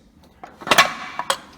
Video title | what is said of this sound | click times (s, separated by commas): Lifting A Vehicle Using Air Jacks - CVHS Auto Tech | bring them all the way back in to where they lock into place. | 0.8 s